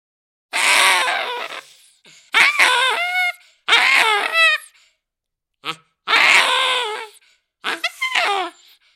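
Baboon calls: six loud harsh bursts, most with falling harmonic tones, separated by short silences.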